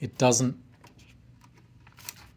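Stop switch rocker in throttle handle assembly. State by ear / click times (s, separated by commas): partly seated / 2.1 s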